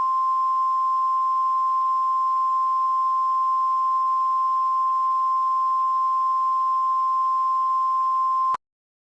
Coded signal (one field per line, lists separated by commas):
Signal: Emergency Alert System (SAME) tones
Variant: 1050 Hz attention tone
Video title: eas alarm europe vs asia 4v